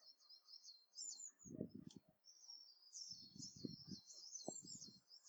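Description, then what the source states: Bird chirping in high, thin twittering phrases almost throughout, with soft low thumps and rustles underneath. January morning.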